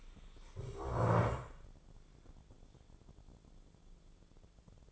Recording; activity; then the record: daily activity, microphone in the room; stand up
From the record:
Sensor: 5